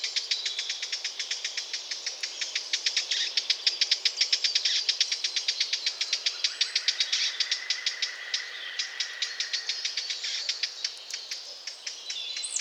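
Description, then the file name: Eurasian blackcap calls, a long run of sharp dry ticking clicks at a rapid uneven pace, with thin high whistles woven through and a steady faint hiss behind. "Sylvia atricapilla"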